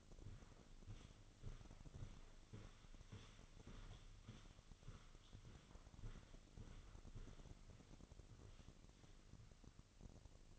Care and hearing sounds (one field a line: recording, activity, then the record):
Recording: daily activity, microphone in the room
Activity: walk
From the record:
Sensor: 4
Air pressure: 1010.1 hPa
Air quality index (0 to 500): 171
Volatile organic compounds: 2 ppm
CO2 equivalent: 1243 ppm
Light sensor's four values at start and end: 51/126/53/58 and 51/126/53/58